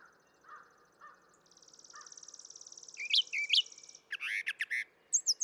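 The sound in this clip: Brown thrasher song over a low background hiss: soft low notes, a long buzzy trill, then louder rising whistles and harsh doubled phrases.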